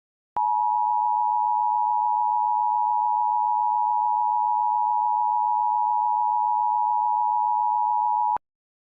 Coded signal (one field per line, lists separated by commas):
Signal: Emergency Alert System (SAME) tones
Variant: 853 and 960 Hz attention tone